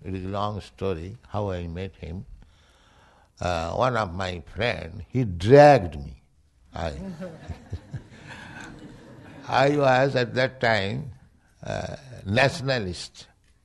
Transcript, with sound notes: It is a long story, how I met him. One of my friend, he dragged me. [laughing] [laughter] I was at that time Nationalist,